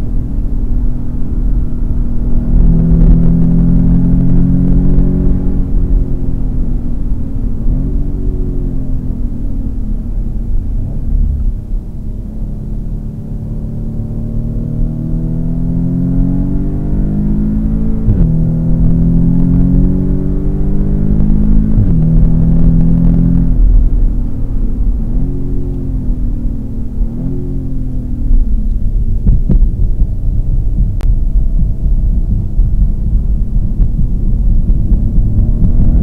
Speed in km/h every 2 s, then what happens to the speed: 120, 130, 137, 112, 85, 57, 59, 68, 85, 102, 119, 126, 101, 70, 51, 53, 59, 70.
0-4 speeds up to 137. 4-10 brakes to 57. 10-21 speeds up to 126. 22-28 brakes to 51. 28-36 speeds up to 70.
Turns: 10-17, 28-36.